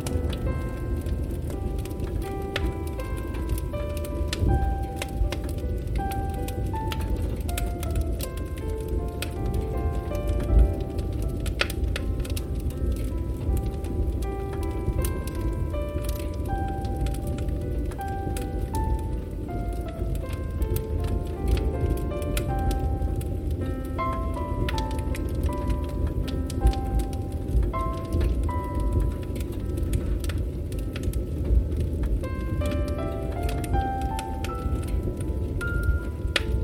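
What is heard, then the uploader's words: A fire burns with a steady low roar and frequent sharp crackles and pops scattered throughout. Gentle music plays over it, a slow melody of single soft notes stepping up and down at an even pace, with no change in loudness. Comforting Burning Fire Sounds & Relaxing Music. Fire burning and crackling sounds blended with piano and relaxing music. The soothing sounds of burning fire and crackling fire with gentle, calming music.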